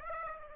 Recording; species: mosquito wingbeat signal from an infrared sensor; Aedes aegypti